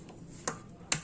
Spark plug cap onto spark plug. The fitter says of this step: Kalau pasnya itu berbunyi.